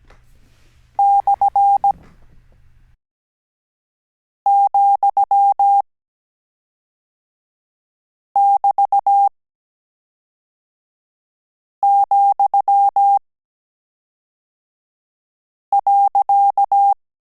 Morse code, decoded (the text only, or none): /,<BT>,.